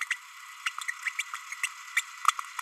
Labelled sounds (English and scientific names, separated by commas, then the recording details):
Green-rumped Parrotlet (Forpus passerinus) babbling
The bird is a male
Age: 30 days
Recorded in a nest box in Venezuela
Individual 17B32A6